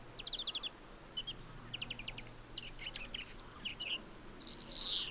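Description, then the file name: European greenfinch twittering calls, quick trilled bursts of rapid high notes repeated several times, with scattered chirps and faint steady background hum. "Chloris chloris"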